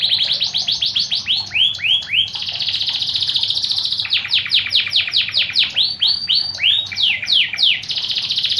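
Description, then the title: Lovebird calls in fast, shrill, squeaky sequences of sharply rising and dropping notes, poured out almost without break. Lovebird calls used as a lure to attract birds. "PIKAT BURUNG LOVEBIRD"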